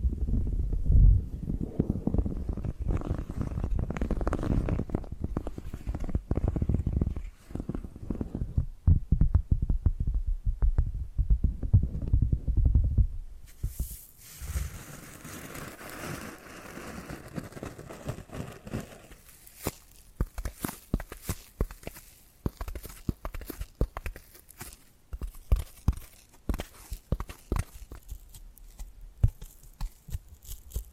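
Tapping and scratching sounds, with dense, low, thumping taps and rubbing through the first thirteen seconds. After that the sound turns lighter and brighter, a hissing scratch with quick, irregular clicks and taps scattered to the end.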